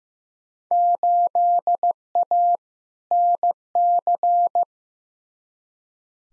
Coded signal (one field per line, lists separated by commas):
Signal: Morse code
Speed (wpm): 15 wpm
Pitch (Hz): 700 Hz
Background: none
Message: 8A NC